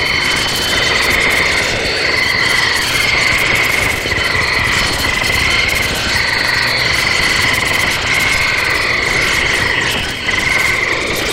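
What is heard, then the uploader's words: Electronic crickets buzz in a steady, dense drone, with a bright pulsing tone around the upper middle that swells and dips every second or two, plus a higher thin whine above it. A constant low rumble runs underneath throughout, with a brief dip near ten seconds. Source recording of electronic crickets over Ohio circa summer 1995.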